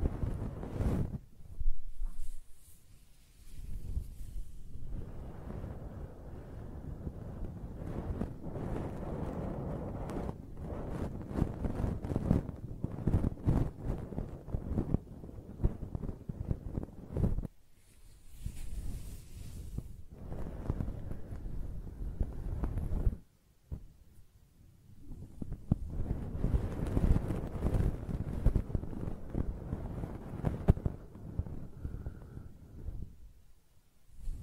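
Close-up hair brushing and stroking: dense rustling swells in long strokes, pausing briefly near 2, 17 and 23 seconds.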